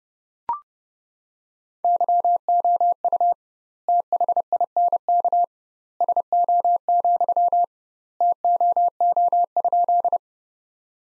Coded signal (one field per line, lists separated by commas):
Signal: Morse code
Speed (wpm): 30 wpm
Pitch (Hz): 700 Hz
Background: none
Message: YOU THINK SO, TOO?